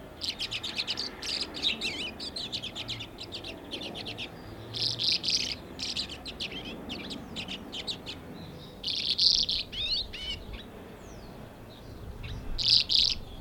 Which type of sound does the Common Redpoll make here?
song